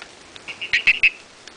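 Holt's robber frog call: a short series of several high tonal notes that grow louder, over a faint hiss.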